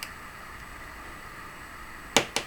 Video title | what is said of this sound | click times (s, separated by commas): Înlocuire placă de bază la telefon SAMSUNG GALAXY S6 EDGE + | țac odată hai | 2.2 s